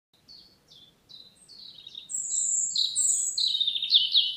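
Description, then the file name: European robin song: a run of short high downslurred notes that builds into louder, varied, thin warbled phrases. "Erithacus rubecula"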